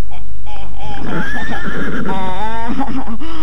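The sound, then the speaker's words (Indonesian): A horse gives a loud, drawn-out whinny, its high wavering pitch rising and falling in quick shaky pulses before trailing off into lower snorting tones. “Benar-benar pandai kuda itu, Nona.”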